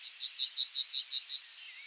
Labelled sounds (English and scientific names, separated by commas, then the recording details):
Yellowhammer (Emberiza citrinella) song
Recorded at under 5 m from the bird
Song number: 136